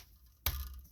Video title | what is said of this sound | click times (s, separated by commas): How to take a carb off and Put a new one stihl hs 45 Blush edger two stroke | Just like that. You just heard it snap. So, it's locked in there. | 0.5 s